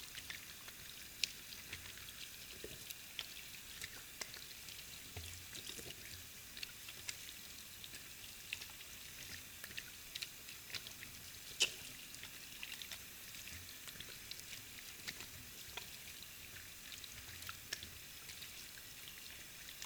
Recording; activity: daily activity, guitar pickup as the sensor; wash hands